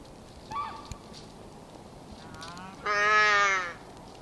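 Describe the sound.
Muskox calf call: a brief faint cry, then a strong harmonic bleat of nearly a second that drops slightly in pitch at the end.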